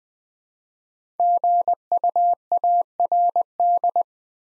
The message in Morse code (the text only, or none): GUARD